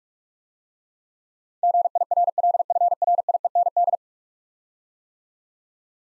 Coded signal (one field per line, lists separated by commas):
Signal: Morse code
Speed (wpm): 44 wpm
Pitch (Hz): 700 Hz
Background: none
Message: GIRLFRIEND